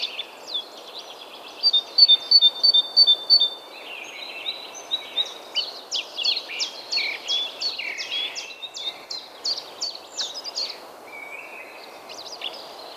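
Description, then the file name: Great tit calls, rapid high notes repeated about three times a second, with many other high chirps over a faint background hiss. "Parus major"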